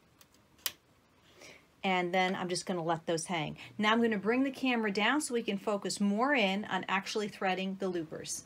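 The lower looper thread is slid into a thread guide on a Baby Lock Vibrant serger sewing machine, with the tensions set to zero for both needles and both loopers. Faint ticks are followed by a sharp little click at 0.7 s as the thread snaps into the guide and seats. Someone then talks from about 1.9 s to the end.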